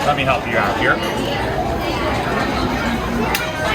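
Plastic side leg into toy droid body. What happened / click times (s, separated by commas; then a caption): The plastic leg snapped into place / 3.4 s. A plastic side leg of a build-your-own astromech droid is slid in from the bottom and pressed into the toy droid body, with someone talking over background chatter. A sharp snap at 3.4 s marks the leg snapping into place, seated.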